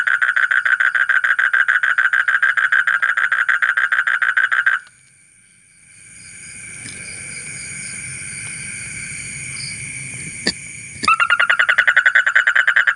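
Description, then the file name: Asian common toad trilling rapidly for nearly five seconds, then a break filled with hiss and faint rumble before the pulsed trill starts again. "suara kodok bangkong kolong kodok buduk"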